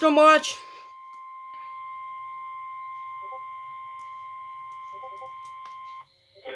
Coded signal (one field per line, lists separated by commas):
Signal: Emergency Alert System (SAME) tones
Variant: 1050 Hz attention tone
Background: speech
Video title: EAS #36 Severe Thunderstorm Watch 237 on KHQ-TV!!